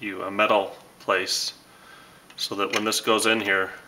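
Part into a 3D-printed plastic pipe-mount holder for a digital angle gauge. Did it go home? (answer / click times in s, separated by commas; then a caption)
no / none. Someone talks while handling a part at a 3D-printed plastic pipe-mount holder for a digital angle gauge, which is fitted with a metal mending plate. Only speech is heard, with quiet pauses between phrases. The part has not seated or clicked into the holder yet.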